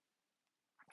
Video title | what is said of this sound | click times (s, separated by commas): Feyachi S27 Fiber Optic Flip Up Iron Sights - Review & Installation | and they lock into place | 0.8 s, 0.9 s